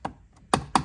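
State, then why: Seated. A small plastic cover is pressed back over the battery terminal and fuse assembly on a 2016 GMC Sierra / Chevy Silverado truck. A faint tap at 0.1 s is followed by two sharp plastic snaps at 0.5 s and 0.8 s. The cover is clipped on and seated.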